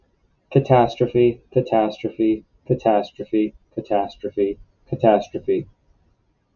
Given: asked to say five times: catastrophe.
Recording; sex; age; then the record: repeated word; male; 40 to 49 years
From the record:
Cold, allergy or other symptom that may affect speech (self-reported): no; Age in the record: 40 years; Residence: Massachusetts, United States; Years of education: 18